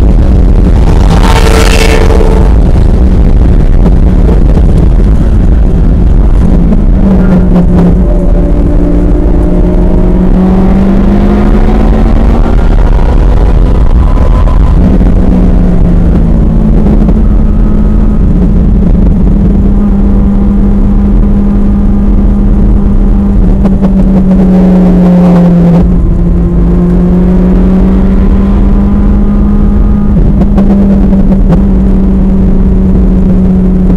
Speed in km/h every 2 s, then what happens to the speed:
159, 156, 124, 95, 101, 126, 137, 127, 114, 108, 111, 103, 93, 108, 111, 105, 101.
0-6 brakes to 95. 6-12 speeds up to 137. 12-17 brakes to 108. 21-23 brakes to 93. 23-27 speeds up to 111. 27-31 slows to 101.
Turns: 14-21, 27-34.